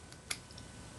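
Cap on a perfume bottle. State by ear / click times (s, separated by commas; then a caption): seated / 0.3 s. The cap is fitted back onto a Diesel novelty fragrance bottle shaped like a knuckle ring, with a faint tick near 0.1 s and a sharp click at 0.3 s. The cap clicks into place, seated, followed by a softer tick around 0.6 s.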